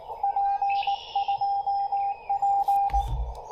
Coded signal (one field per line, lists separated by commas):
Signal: Morse code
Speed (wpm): 19 wpm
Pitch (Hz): 800 Hz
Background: radio noise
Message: P2P